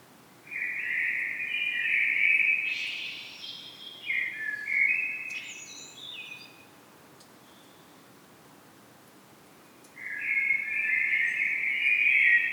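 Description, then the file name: Common blackbird singing two fluted warbling phrases, the second ending in thin, high squeaky twitters, followed by a quiet gap and another low whistled phrase. "Turdus merula"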